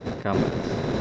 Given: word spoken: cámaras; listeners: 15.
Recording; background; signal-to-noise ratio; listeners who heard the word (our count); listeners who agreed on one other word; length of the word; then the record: one Spanish word in noise, from a listening test; noise modulated by three-talker babble; -4.1 dB; 3 of 15; 6 of 15; 0.62 s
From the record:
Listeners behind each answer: 6, 3, 2, 1, 1, 1, 1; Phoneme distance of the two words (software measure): 14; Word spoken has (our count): 3 syllables, 7 phonemes, stress on syllable 1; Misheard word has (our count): 2 syllables, 5 phonemes, stress on syllable 1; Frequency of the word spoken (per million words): 32.50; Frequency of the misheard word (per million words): 10.60